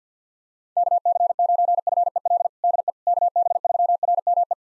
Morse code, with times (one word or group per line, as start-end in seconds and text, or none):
0.8-2.5 KC9FEL
2.6-2.9 DE
3.1-4.5 KB3RME